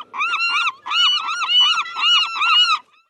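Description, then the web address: Gull calls: harsh, nasal, arched yelping notes in rapid series, in a few bursts over nearly three seconds, then quiet. "seagull"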